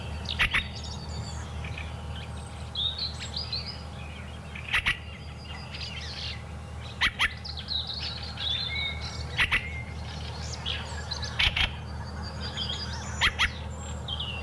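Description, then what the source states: Fieldfare giving harsh, dry chacking calls in short bursts every few seconds, over a steady chorus of other small birds' twittering and a low background hum. Calling at length right beside the microphone, in full voice, on flooded fields at Hyvelänjärvi, Lohja, on a spring night toward dawn, 2 May 2021.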